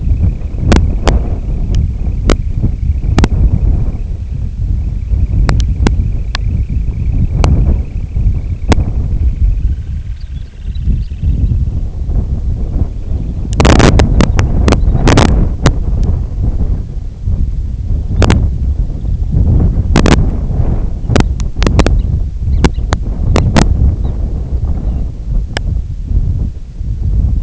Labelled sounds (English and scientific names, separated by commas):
Semipalmated Sandpiper (Calidris pusilla), Lapland Longspur (Calcarius lapponicus), unidentified sound